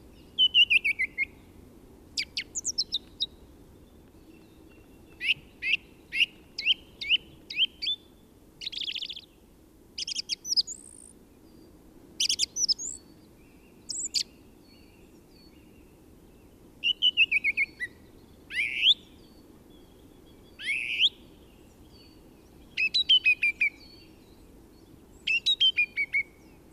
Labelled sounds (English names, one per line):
Song Thrush song